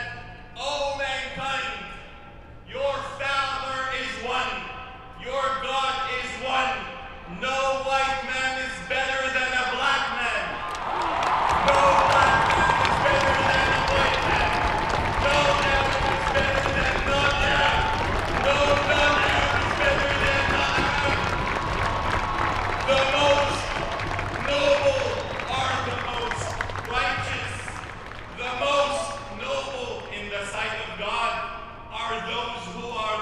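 Street protest sounds: voices speak or chant in short bursts for the first ten seconds, then a dense, louder roar of crowd noise swells in and holds until about twenty-eight seconds. Individual voices return near the end as the roar eases.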